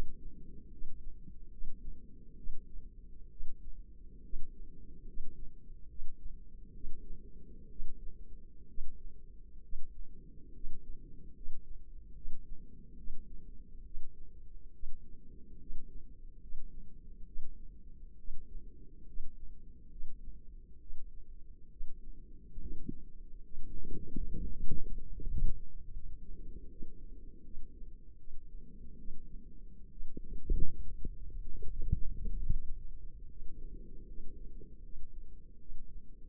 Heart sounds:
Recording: heart sounds by microphone in the left ear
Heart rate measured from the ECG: 71 bpm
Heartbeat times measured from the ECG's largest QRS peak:
0.73 s: heartbeat
1.53 s: heartbeat
2.39 s: heartbeat
3.33 s: heartbeat
4.26 s: heartbeat
5.09 s: heartbeat
5.91 s: heartbeat
6.76 s: heartbeat
7.72 s: heartbeat
8.70 s: heartbeat
9.65 s: heartbeat
10.56 s: heartbeat
11.37 s: heartbeat
12.17 s: heartbeat
12.99 s: heartbeat
13.87 s: heartbeat
14.75 s: heartbeat
15.62 s: heartbeat
16.43 s: heartbeat
17.28 s: heartbeat
18.20 s: heartbeat
19.09 s: heartbeat
19.93 s: heartbeat
20.82 s: heartbeat
21.72 s: heartbeat
22.62 s: heartbeat
23.46 s: heartbeat
24.32 s: heartbeat
25.16 s: heartbeat
25.95 s: heartbeat
26.71 s: heartbeat
27.45 s: heartbeat
28.20 s: heartbeat
29.00 s: heartbeat
29.92 s: heartbeat
30.86 s: heartbeat
31.70 s: heartbeat
32.51 s: heartbeat
33.31 s: heartbeat
34.09 s: heartbeat
34.85 s: heartbeat
35.61 s: heartbeat
From the record:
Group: healthy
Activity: rest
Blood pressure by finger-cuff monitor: 153/93 mmHg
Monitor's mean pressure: 110 mmHg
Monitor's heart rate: 70 bpm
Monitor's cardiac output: 7.8 L/min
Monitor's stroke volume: 113 mL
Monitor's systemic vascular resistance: 1050 dyn s/cm5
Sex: male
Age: 30 years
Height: 188 cm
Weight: 110.2 kg

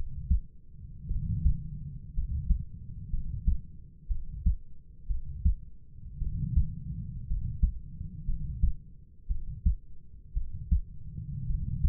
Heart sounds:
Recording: heart sounds by stethoscope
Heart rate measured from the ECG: 58 bpm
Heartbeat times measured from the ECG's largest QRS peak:
1.08 s: heartbeat
2.14 s: heartbeat
3.10 s: heartbeat
4.08 s: heartbeat
5.07 s: heartbeat
6.19 s: heartbeat
7.27 s: heartbeat
8.26 s: heartbeat
9.28 s: heartbeat
10.34 s: heartbeat
11.47 s: heartbeat
From the record:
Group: healthy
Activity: rest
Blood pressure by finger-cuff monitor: 105/52 mmHg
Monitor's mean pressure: 66 mmHg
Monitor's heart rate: 55 bpm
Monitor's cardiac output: 5.1 L/min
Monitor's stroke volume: 90 mL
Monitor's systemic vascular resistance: 910 dyn s/cm5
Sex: male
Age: 25 years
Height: 170 cm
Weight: 70.4 kg

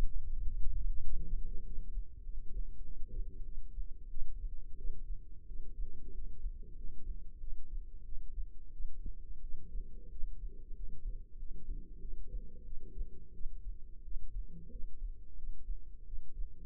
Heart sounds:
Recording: heart sounds by microphone in the left ear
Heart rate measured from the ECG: 92 bpm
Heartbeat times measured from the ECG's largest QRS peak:
0.43 s: heartbeat
1.04 s: heartbeat
1.65 s: heartbeat
2.24 s: heartbeat
2.83 s: heartbeat
3.44 s: heartbeat
4.09 s: heartbeat
4.77 s: heartbeat
5.46 s: heartbeat
6.13 s: heartbeat
6.76 s: heartbeat
7.39 s: heartbeat
8.04 s: heartbeat
8.72 s: heartbeat
9.41 s: heartbeat
10.10 s: heartbeat
10.74 s: heartbeat
11.37 s: heartbeat
12.00 s: heartbeat
12.64 s: heartbeat
13.33 s: heartbeat
14.03 s: heartbeat
14.70 s: heartbeat
15.36 s: heartbeat
16.05 s: heartbeat
From the record:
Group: healthy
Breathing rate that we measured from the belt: 14 breaths a minute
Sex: female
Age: 22 years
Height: 161 cm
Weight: 65.5 kg

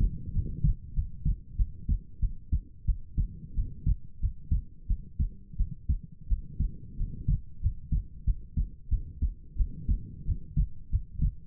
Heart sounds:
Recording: heart sounds by stethoscope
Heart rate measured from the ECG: 91 bpm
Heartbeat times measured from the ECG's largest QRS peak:
0.32 s: heartbeat
0.93 s: heartbeat
1.56 s: heartbeat
2.19 s: heartbeat
2.85 s: heartbeat
3.54 s: heartbeat
4.19 s: heartbeat
4.87 s: heartbeat
5.56 s: heartbeat
6.27 s: heartbeat
6.96 s: heartbeat
7.60 s: heartbeat
8.24 s: heartbeat
8.89 s: heartbeat
9.56 s: heartbeat
10.25 s: heartbeat
10.89 s: heartbeat
From the record:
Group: healthy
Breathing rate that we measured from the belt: 18 breaths a minute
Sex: female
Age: 19 years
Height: 163 cm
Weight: 48.9 kg

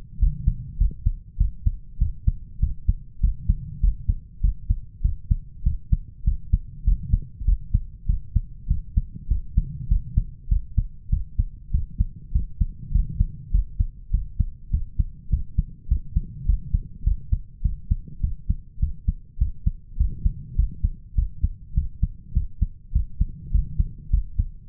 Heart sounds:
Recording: heart sounds by stethoscope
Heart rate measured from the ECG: 100 bpm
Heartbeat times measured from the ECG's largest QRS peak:
0.21 s: heartbeat
0.80 s: heartbeat
1.40 s: heartbeat
2.01 s: heartbeat
2.62 s: heartbeat
3.23 s: heartbeat
3.83 s: heartbeat
4.43 s: heartbeat
5.04 s: heartbeat
5.65 s: heartbeat
6.26 s: heartbeat
6.87 s: heartbeat
7.47 s: heartbeat
8.08 s: heartbeat
8.70 s: heartbeat
9.30 s: heartbeat
9.90 s: heartbeat
10.51 s: heartbeat
11.12 s: heartbeat
11.73 s: heartbeat
12.34 s: heartbeat
12.94 s: heartbeat
13.54 s: heartbeat
14.13 s: heartbeat
14.73 s: heartbeat
15.32 s: heartbeat
15.90 s: heartbeat
16.48 s: heartbeat
17.06 s: heartbeat
17.64 s: heartbeat
18.23 s: heartbeat
18.82 s: heartbeat
19.40 s: heartbeat
19.99 s: heartbeat
20.58 s: heartbeat
21.17 s: heartbeat
21.76 s: heartbeat
22.35 s: heartbeat
22.94 s: heartbeat
23.53 s: heartbeat
24.12 s: heartbeat
From the record:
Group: healthy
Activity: cold pressor test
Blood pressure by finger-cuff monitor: 142/94 mmHg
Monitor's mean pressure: 112 mmHg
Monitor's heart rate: 100 bpm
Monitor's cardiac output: 7.6 L/min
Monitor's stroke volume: 75 mL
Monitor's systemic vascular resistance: 1090 dyn s/cm5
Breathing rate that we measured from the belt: 19 breaths a minute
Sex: male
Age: 21 years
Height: 175 cm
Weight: 72.6 kg

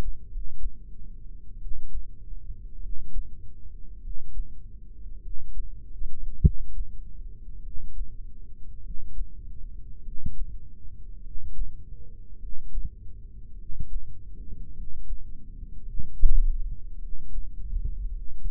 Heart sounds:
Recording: heart sounds by microphone in the left ear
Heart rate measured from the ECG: 51 bpm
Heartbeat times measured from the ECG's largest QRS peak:
0.30 s: heartbeat
1.60 s: heartbeat
2.80 s: heartbeat
4.00 s: heartbeat
5.20 s: heartbeat
6.40 s: heartbeat
7.60 s: heartbeat
8.80 s: heartbeat
10.00 s: heartbeat
11.20 s: heartbeat
12.36 s: heartbeat
13.55 s: heartbeat
14.72 s: heartbeat
15.82 s: heartbeat
16.97 s: heartbeat
18.10 s: heartbeat
From the record:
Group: heart failure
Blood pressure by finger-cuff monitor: 86/43 mmHg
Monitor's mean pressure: 56 mmHg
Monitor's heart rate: 51 bpm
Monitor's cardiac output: 4.7 L/min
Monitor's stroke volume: 90 mL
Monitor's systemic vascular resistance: 830 dyn s/cm5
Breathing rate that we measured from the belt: 20 breaths a minute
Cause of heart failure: dilated cardiomyopathy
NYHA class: 3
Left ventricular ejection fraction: 27%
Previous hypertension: present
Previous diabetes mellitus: present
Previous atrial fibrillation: present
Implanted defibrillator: present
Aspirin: present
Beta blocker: bisoprolol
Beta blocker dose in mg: 1.25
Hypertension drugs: sacubitril-valsartan, spironolactone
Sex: female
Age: 39 years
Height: 170 cm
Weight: 64 kg

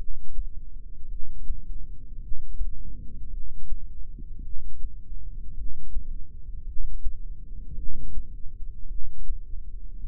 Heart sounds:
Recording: heart sounds by microphone in the left ear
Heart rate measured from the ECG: 54 bpm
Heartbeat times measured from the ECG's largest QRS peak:
1.06 s: heartbeat
2.17 s: heartbeat
3.28 s: heartbeat
4.40 s: heartbeat
5.53 s: heartbeat
6.62 s: heartbeat
7.73 s: heartbeat
8.86 s: heartbeat
9.98 s: heartbeat
From the record:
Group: heart failure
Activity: rest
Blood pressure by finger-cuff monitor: 88/66 mmHg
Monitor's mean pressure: 73 mmHg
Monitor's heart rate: 54 bpm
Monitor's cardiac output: 2.5 L/min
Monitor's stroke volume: 47 mL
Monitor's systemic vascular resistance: 2060 dyn s/cm5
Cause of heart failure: non-ischemic cardiomyopathy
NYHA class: 1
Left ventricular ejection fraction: 52%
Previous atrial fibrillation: present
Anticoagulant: apixaban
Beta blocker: bisoprolol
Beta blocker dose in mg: 10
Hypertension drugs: sacubitril-valsartan, spironolactone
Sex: female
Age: 68 years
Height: 169 cm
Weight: 71 kg

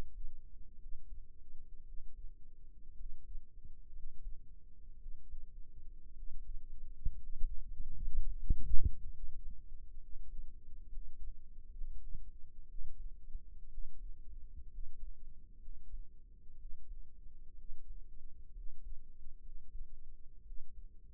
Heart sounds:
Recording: heart sounds by microphone in the right ear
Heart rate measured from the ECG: 61 bpm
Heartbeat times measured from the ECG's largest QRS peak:
0.77 s: heartbeat
1.83 s: heartbeat
2.94 s: heartbeat
3.91 s: heartbeat
4.97 s: heartbeat
6.13 s: heartbeat
7.18 s: heartbeat
8.18 s: heartbeat
9.10 s: heartbeat
9.98 s: heartbeat
10.87 s: heartbeat
11.72 s: heartbeat
12.65 s: heartbeat
13.69 s: heartbeat
14.69 s: heartbeat
15.59 s: heartbeat
16.56 s: heartbeat
17.55 s: heartbeat
18.52 s: heartbeat
19.40 s: heartbeat
20.43 s: heartbeat
From the record:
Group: healthy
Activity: rest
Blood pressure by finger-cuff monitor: 107/66 mmHg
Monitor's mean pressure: 80 mmHg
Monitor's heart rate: 61 bpm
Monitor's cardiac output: 5.6 L/min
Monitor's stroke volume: 93 mL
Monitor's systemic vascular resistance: 1010 dyn s/cm5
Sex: male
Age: 22 years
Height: 181 cm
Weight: 79 kg

